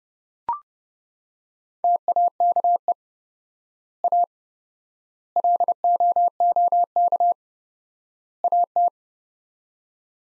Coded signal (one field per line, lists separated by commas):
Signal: Morse code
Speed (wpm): 32 wpm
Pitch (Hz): 700 Hz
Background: none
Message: TAKE A LOOK AT